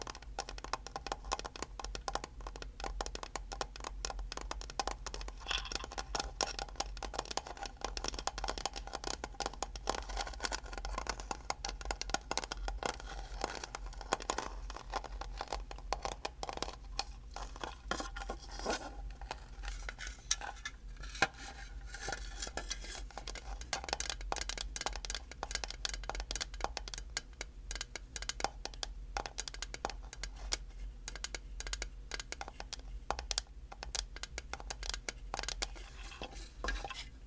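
Dense, rapid tapping and scratching crackle steadily for the whole clip over a constant low hum, with sharper clicks scattered throughout.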